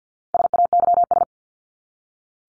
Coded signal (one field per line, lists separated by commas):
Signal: Morse code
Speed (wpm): 48 wpm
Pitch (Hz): 700 Hz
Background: none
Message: SAYS